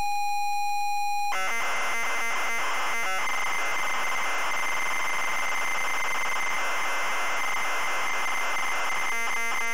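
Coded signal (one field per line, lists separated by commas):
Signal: ZX Spectrum tape loading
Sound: steady pitched lead tone for about a second, then harsh buzzing, screeching data noise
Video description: today we're loading the ZX Spectrum game, Angry Birds!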